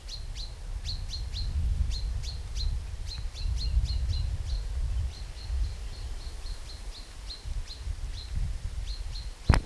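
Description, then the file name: Common chaffinch calling with rapid sharp notes, fainter in the second half, over strong low rumbling noise, ending with a loud click. "Fringilla coelebs"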